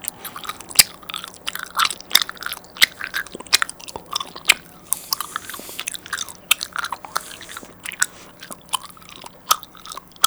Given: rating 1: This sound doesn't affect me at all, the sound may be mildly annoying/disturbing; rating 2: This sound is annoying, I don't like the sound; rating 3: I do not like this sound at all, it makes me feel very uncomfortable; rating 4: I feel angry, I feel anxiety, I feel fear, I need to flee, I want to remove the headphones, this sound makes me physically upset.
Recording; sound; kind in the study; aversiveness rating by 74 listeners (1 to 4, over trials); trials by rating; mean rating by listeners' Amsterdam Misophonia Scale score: sound for misophonia research; gum chewing; misophonia trigger; mean 3.02, standard deviation 0.88; 12 rated 1, 75 rated 2, 104 rated 3, 105 rated 4; 2.36 (sub-clinical, 0 to 4), 3.17 (mild, 5 to 9), 3.28 (moderate, 10 to 14), 3.71 (severe or extreme, 15 or more)